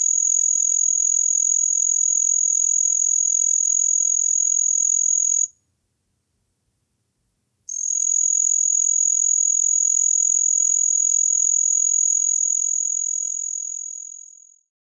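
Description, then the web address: Say's trig singing a high, steady, unbroken trill for about five and a half seconds, a two-second pause, then the same even trill again for about seven seconds. North America. "Songs of Insects. Says Trig"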